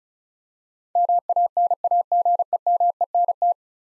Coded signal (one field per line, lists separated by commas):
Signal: Morse code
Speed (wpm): 36 wpm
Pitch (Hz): 700 Hz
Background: none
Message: MANAGEMENT